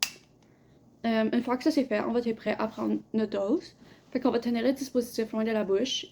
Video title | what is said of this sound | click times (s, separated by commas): Dispositifs D'inhalation | le capuchon, on va le glisser jusqu'à entendre un clic. | 0.0 s